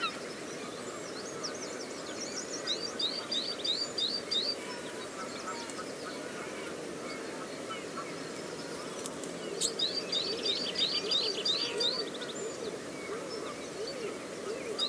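Coastal dunes at Studland Nature Reserve, with a steady low rushing wash beneath everything. Bright, rapid bird chirps and trills come in bursts, around two to five seconds and again from nine to twelve seconds, over scattered softer calls.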